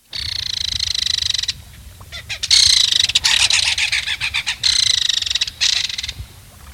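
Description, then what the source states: Belted Kingfisher harsh call: loud, grating, rasping bursts in a quick uneven series lasting about six seconds, some notes stuttered and broken. Given by bachelor males signalling readiness to get aggressive and fight over territory; most often heard in early breeding season.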